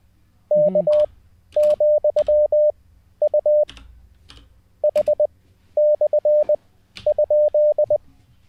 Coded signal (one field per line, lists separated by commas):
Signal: Morse code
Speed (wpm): 20 wpm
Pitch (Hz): 600 Hz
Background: none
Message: K,U H/?